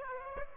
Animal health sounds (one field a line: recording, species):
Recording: mosquito wingbeat signal from an infrared sensor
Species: Aedes aegypti